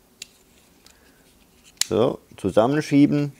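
A plastic side part of a DIN-rail housing is clipped onto the board assembly, giving a sharp click at 0.2 s that shows it has seated. A fainter tick follows at 0.9 s, and from about 1.8 s someone talks.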